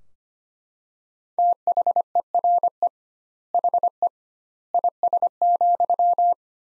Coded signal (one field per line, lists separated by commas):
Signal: Morse code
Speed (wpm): 25 wpm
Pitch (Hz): 700 Hz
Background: none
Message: THERE HE IS,